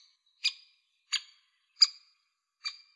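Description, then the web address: Great spotted woodpecker giving four sharp, high 'kik' calls, each short and clipped, against silence. Recorded in Slovenia. "slo birds Dendrocopos-major"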